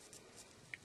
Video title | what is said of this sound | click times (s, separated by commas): DC Universe classics wave 10 robot man figure review | just got to press down till you hear a click and then it stays on just fine | 0.7 s